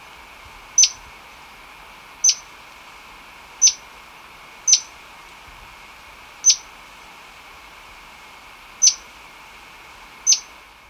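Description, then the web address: White-browed spinetail giving short, sharp, high single call notes, repeated irregularly about every one to two and a half seconds, seven in all, over a steady background hiss. Recorded in Ecuador. "Birds of Ecuador 2. White-Browed Spinetail"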